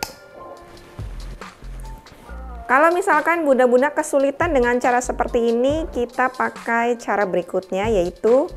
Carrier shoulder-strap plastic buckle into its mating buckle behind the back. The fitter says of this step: pasang bakal di belakang Sampai bunyi klik